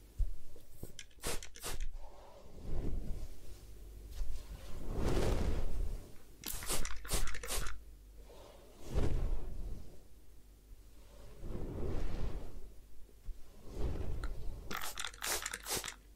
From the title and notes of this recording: ASMR Do You Need a Head Spa Hair Wash, Massage, Ear Cleaning (No Talking).